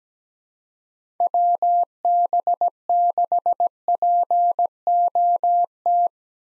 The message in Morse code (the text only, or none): WB6POT